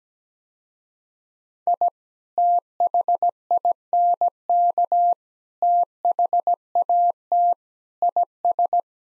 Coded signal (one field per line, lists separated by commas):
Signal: Morse code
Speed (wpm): 17 wpm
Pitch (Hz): 700 Hz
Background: none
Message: I THINK THAT IS